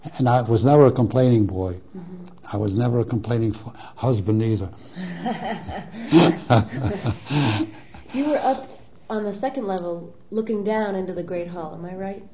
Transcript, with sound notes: And I was never a complaining boy. I was never a complaining husband either. (They laugh.)
You were up on the second level looking down into the Great Hall. Am I right?